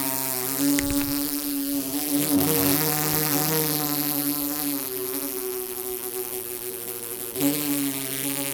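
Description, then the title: Bumblebee buzzing, a steady droning hum with strong harmonic bands, plus a few knocks. Bumblebee trapped inside a metal pole, struggling to get out; Paraje Huerta de Arriba, Blanca, Murcia, Spain; recorded with a Zoom H2. "Paraje Huerta de Arriba, 127, Blanca, Murcia, España - abejorro metálico"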